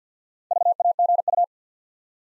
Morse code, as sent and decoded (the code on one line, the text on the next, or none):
...- .- --. ..-
VAGU